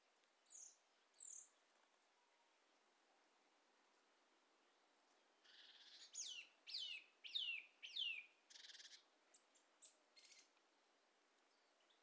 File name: Sitta europaea